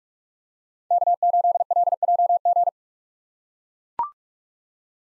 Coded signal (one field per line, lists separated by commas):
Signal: Morse code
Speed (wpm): 43 wpm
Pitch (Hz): 700 Hz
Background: none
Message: K8LJG